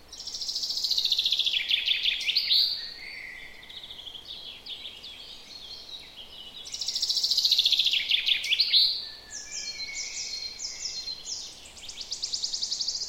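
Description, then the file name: Common chaffinch song: two bright, rapid trilled phrases that tumble downward and end in a flourish, about six seconds apart, with other high bird notes after. "Fringilla coelebs"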